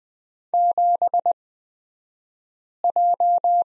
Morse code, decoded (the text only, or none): 7J